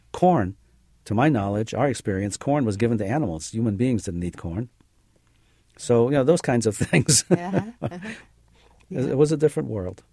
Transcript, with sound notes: Corn, to my knowledge, our experience, corn was given to animals, human beings didn't eat corn. So, you know (laughs) those kinds of things. It was a different world.